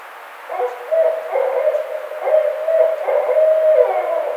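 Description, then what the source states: Barred owl calling in a quick, uneven series of low hoots, with a longer drawn-out note near the end. Recorded 4 May 2009.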